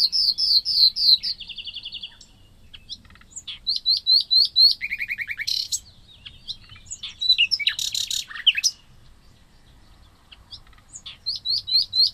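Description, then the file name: Common nightingale song: rapid repeated whistled and rattling phrases, trills of sharp notes around high pitch, varied bursts separated by short pauses. "Luscinia megarhynchos"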